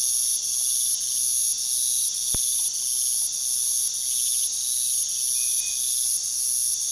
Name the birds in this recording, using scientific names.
none